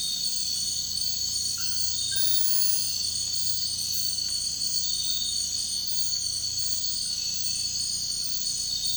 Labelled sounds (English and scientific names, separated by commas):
none